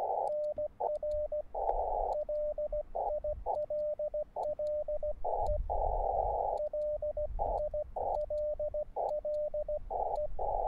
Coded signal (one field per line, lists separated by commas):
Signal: Morse code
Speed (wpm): 17 wpm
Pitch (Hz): 600 Hz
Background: radio noise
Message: NR LILLE LILLE